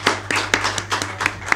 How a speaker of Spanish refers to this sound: Un aplauso